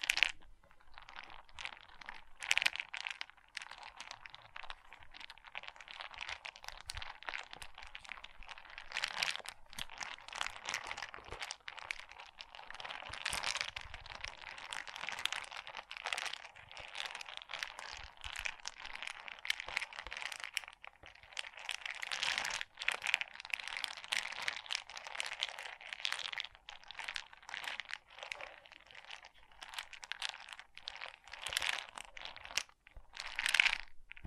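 Small plastic beads are handled and poured, giving a dense, continuous rattling and crinkling clatter that lasts the whole time, with no pauses. The sound is bright, with louder rushes of tumbling beads around 13, 22 and 33 seconds.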